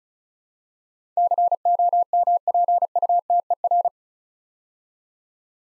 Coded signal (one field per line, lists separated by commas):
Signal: Morse code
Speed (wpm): 36 wpm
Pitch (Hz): 700 Hz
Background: none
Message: COMPUTER